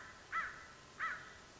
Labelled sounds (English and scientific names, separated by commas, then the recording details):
American Crow (Corvus brachyrhynchos)
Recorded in Sonoma County, California